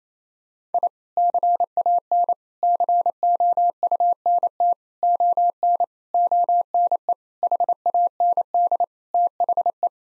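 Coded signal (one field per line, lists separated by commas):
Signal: Morse code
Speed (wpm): 28 wpm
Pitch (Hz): 700 Hz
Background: none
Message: I CAN COUNT ON ONE HAND THE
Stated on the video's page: Head-copy practice of sentences with common nine-word phrases at 28 wpm.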